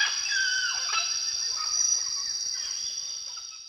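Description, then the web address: Mealy amazon giving a few harsh, raspy squawks early on, fading out, over a steady high-pitched insect drone. Calls recorded in the Eastern Lowlands of South America. "Natures Songs S America Eastern Lowlands Amazona farinosa, calls"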